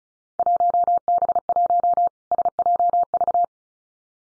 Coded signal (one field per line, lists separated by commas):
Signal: Morse code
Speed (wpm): 34 wpm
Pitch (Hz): 700 Hz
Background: none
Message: 1B1 SJV